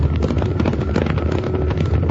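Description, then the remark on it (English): A dense, continuous rumble of a stampede of Tuttle's cattle raising a dust cloud, deep and loud, with a steady churning roar and faint overlapping thuds throughout, no voices heard. “That's no thunderstorm. Look at that dust cloud. It's a stampede. It's Tuttle's cattle, and they're headed right for us.”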